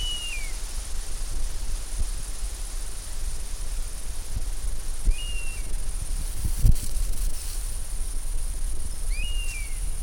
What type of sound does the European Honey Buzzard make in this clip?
call